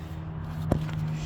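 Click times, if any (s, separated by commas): 0.7 s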